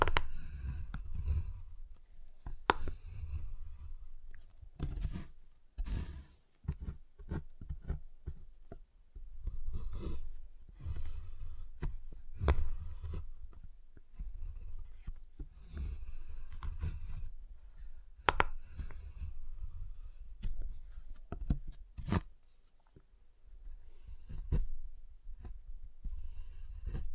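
Tapping, cutting and snapping on a giant chocolate bar: sharp irregular clicks and cracks over a low rumble, with scraping between.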